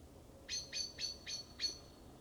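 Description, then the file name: Common blackbird calls: five sharp, clicking high notes in quick, even succession over a faint low background hiss. "Turdus merula"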